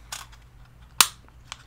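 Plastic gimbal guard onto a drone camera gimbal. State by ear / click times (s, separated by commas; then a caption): seated / 1.0 s. A semi-transparent plastic transport gimbal guard is pushed onto the camera gimbal of a DJI Mavic Air drone, with soft handling noises around 0.1 s and 1.5 s. A sharp, bright snap at 1.0 s marks the guard clicking into place, so it is seated on the gimbal.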